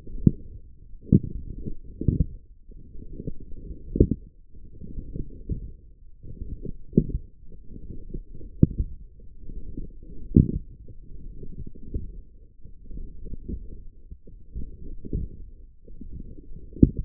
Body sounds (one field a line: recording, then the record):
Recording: forearm muscle sounds (acoustic myography)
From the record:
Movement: forearm pronation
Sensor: system 1, eight BSWA MPA416 microphones around the upper forearm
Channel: 5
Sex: female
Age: 21 years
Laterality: right